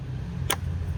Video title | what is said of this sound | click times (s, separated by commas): Cuerpo de Aceleración 1.4 TSI: Limpieza y Calibración | and push it up until we hear a click. | 0.5 s